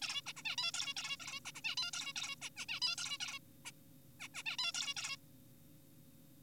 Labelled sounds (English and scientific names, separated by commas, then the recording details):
Zebra Finch (Taeniopygia guttata)
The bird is an adult
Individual g4p5U